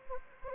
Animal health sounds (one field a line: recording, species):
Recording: mosquito wingbeat signal from an infrared sensor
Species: Anopheles gambiae